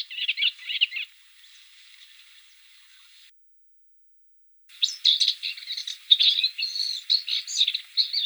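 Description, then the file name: Blyth's reed warbler song: a short burst of chattering notes, then a few seconds of silence before another varied, whistled and scratchy phrase sequence. "Kamyshovka indijskaja"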